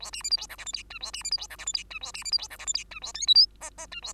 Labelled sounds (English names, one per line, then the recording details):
Bengalese Finch song
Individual Bird2